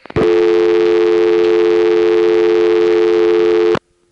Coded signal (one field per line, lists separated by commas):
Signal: telephone call progress tone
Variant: North America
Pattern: dial tone